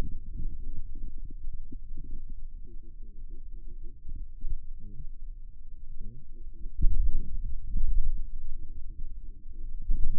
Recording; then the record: forearm muscle sounds (acoustic myography)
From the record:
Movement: radial deviation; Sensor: system 2, bracelet of six BSWA MPA416 microphones around the upper forearm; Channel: 4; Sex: male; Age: 22 years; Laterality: right